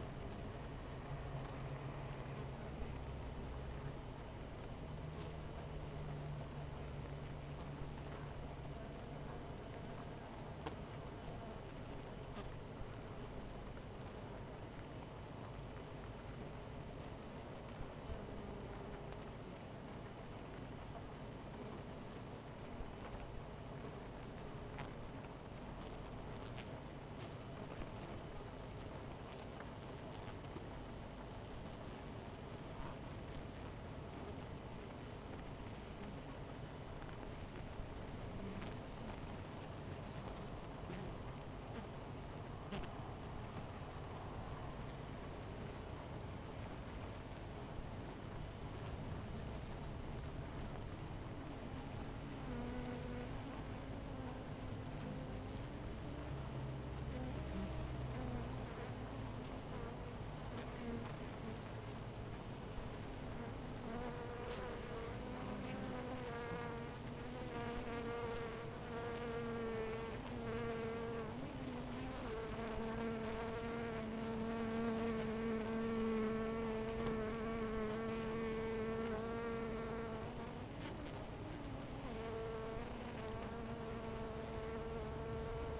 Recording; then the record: honeybee colony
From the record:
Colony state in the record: missing queen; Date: 14 July 2017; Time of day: 17:34